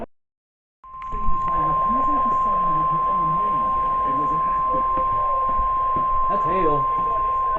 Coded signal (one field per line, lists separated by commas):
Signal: Emergency Alert System (SAME) tones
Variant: 1050 Hz attention tone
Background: speech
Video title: EAS Alerts